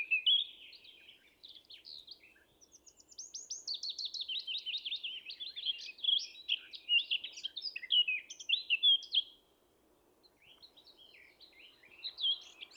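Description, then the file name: Eurasian blackcap singing a long rambling warble of twittering and downslurred notes that pauses briefly near the end, then resumes with a few chirps; the background is quiet. "Sylvia atricapilla"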